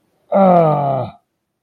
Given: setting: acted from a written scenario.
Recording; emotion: vocal sound without words; pain